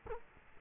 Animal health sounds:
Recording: mosquito wingbeat signal from an infrared sensor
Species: Culex quinquefasciatus

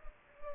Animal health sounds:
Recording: mosquito wingbeat signal from an infrared sensor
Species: Culex pipiens

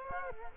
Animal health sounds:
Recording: mosquito wingbeat signal from an infrared sensor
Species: Culex quinquefasciatus

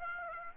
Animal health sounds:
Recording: mosquito wingbeat signal from an infrared sensor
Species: Aedes aegypti

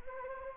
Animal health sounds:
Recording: mosquito wingbeat signal from an infrared sensor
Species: Anopheles arabiensis

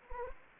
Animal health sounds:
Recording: mosquito wingbeat signal from an infrared sensor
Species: Anopheles arabiensis

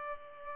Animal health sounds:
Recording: mosquito wingbeat signal from an infrared sensor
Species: Culex pipiens

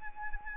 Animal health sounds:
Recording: mosquito wingbeat signal from an infrared sensor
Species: Anopheles arabiensis

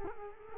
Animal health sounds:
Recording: mosquito wingbeat signal from an infrared sensor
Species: Culex quinquefasciatus

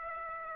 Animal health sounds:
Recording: mosquito wingbeat signal from an infrared sensor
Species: Aedes aegypti

